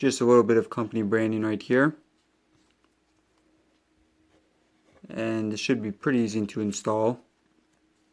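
Someone talks while handling a slim, flexible TUDIA Arch bumper case being fitted onto a Sony Xperia XA Ultra smartphone, with quiet faint ticks around 2.7 and 2.8 seconds between the speech. The case has not snapped into place yet; nothing has seated or clicked by the end of the clip.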